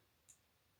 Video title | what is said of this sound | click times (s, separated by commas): Is The Ultima GTR Still Broken? Testing the Battery & The Charger It Really Needs! 🔋 | A little click, that's there done. | 0.3 s